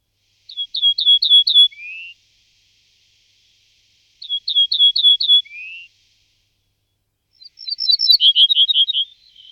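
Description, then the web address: Ortolan Bunting singing: two phrases of five ringing, evenly spaced notes, each followed by a lower slurred ending, then a different, faster phrase. "All the bird songs of Britain and Europe - Jean-Claude Roche. Emberiza hortulana"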